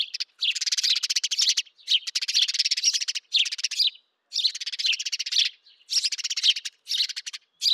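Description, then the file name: House sparrow calls in dense chattering bursts of harsh chirps lasting a second or more, broken by short pauses. "Passer domesticus"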